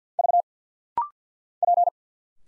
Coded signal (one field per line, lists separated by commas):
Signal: Morse code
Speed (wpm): 50 wpm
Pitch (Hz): 700 Hz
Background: none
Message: V P